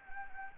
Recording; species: mosquito wingbeat signal from an infrared sensor; Anopheles gambiae